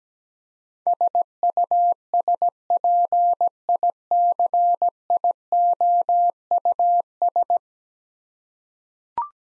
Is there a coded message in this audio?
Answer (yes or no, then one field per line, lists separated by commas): yes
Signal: Morse code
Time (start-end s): 0.9-7.6 s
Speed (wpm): 17 wpm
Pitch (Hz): 700 Hz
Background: none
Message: SUSPICIOUS